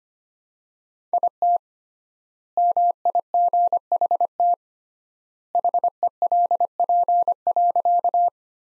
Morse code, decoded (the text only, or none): IT MIGHT HELP.